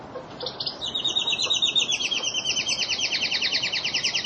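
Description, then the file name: Lizard canary giving a sustained, rapid rolling trill, buzzy and even, carried steadily for several seconds after a brief opening note. Lizard canary breed. "kenarilizard omkicau"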